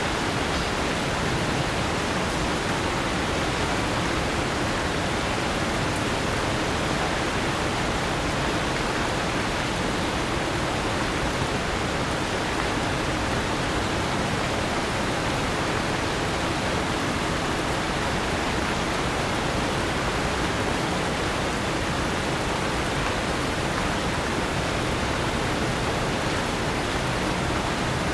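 Heavy rain pours without a break during a city rainstorm, forming a thick, unbroken hiss that holds the same level for the whole half-minute. The sound is dense and even, with a full low rumble under the brighter wash and no separate events standing out.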